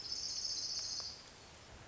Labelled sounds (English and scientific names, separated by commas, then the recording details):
Orange-crowned Warbler (Leiothlypis celata)
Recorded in Sonoma County, California